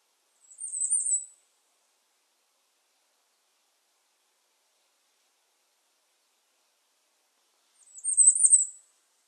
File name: Bay-breasted Warbler - Setophaga castanea